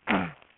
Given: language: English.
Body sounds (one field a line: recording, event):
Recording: throat vibration sensor signal played as sound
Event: throat clearing